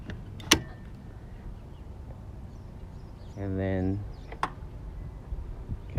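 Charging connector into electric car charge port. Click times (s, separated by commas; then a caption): 0.5 s. A Level 2 charging connector is pushed into the charge port of a 2022 Kia EV6 AWD and latches home with a loud sharp click at 0.5 s, seating the plug. Someone talks briefly around 3.4–4.0 s, and another sharp knock follows at 4.4 s over low background rumble.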